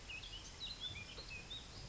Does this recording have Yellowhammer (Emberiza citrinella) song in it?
no